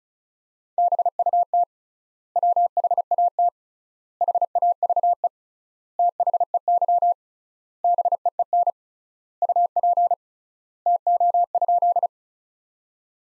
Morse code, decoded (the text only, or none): BUT WHAT HAVE THEY BEEN UP TO?